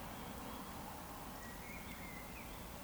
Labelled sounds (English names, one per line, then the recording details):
Eurasian Woodcock whistle
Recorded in Baden-Württemberg, Germany, on 14 June 2020 at 19:39 UTC
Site 14569, 102 m above sea level